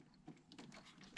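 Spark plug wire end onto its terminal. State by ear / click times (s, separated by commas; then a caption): seated / 1.2 s. A spark plug wire end is pushed onto its terminal on a Foxbody Mustang during a spark plug and wire change. Quiet handling rustles and faint taps lead up to one sharp, short snap at 1.2 s as the wire end seats on the terminal.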